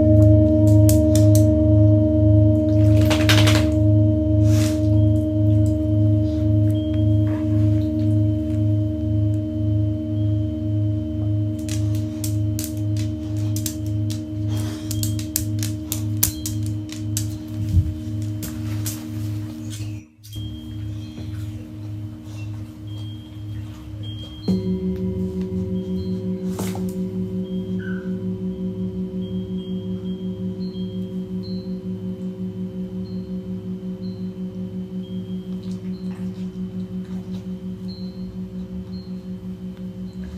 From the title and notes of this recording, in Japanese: 日蝕明けのメキシコからシンギングボウルのサウンドヒーリング。チベタンシンギングボウル #メキシコ。